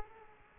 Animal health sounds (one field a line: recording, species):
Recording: mosquito wingbeat signal from an infrared sensor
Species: Aedes aegypti